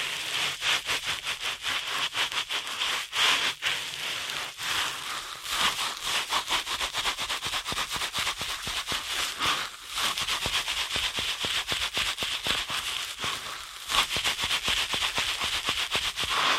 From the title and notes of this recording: ASMR Ear Cleaning at Helicopter Speed.